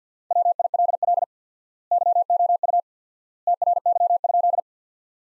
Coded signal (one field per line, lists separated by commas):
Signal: Morse code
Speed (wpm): 50 wpm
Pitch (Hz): 700 Hz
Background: none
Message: WILL YOU TRY?